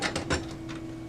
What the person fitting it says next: once you hear it click you know it's in